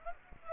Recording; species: mosquito wingbeat signal from an infrared sensor; Aedes aegypti